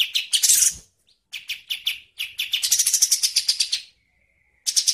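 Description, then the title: Bird song in jerky phrases: a loud shrill burst, short chirp runs, a rapid series of sharp notes and a thin steady whistle, then another shrill burst. Songbird sounds used for training songbirds, a style called masteran. "Suara masteran Burung"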